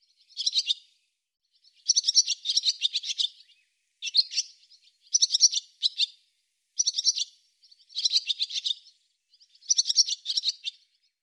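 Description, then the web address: Bird giving rapid, twittering bursts of high chirps, seven bursts separated by short silences, with no other sounds. "cianscape birddata Deverinetal 2025"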